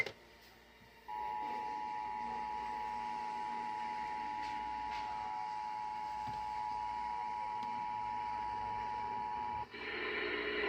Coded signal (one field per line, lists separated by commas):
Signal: Emergency Alert System (SAME) tones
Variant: 853 and 960 Hz attention tone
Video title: Election Day Massachusetts Required Monthly Test (EAS 1483 - 1503)